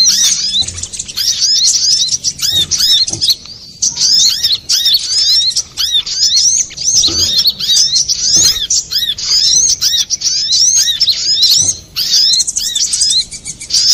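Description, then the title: Little spiderhunter song, a dense stream of thin high chirps and slurred notes running almost without a break, with occasional soft low knocks. Masteran training recording for cage birds, labelled Labaik. "Sogok Ontong Labaik"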